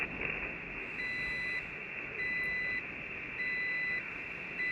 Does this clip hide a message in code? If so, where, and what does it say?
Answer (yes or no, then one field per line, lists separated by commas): no